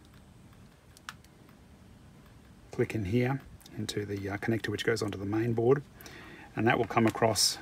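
A black wire's crimped pin terminal, with its metal barb lifted slightly so it will catch, is pushed into a plastic connector housing that plugs onto the main board of a Handskit 9305D power supply. A sharp click at 1.1 s marks the terminal seating in the housing, among a few faint ticks around 1.0–1.5 s. Afterward someone talks.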